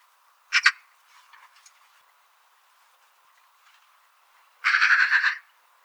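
Eurasian magpie chattering: a short harsh double note early on, then a longer rasping, rattling chatter near the end, with quiet gaps between.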